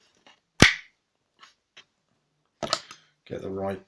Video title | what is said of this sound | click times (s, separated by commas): Moander Yep 'Dark Shadow' Exclusive Reveal Video! | I love that solid click that the batteries when the batteries go in you know | 0.6 s, 2.7 s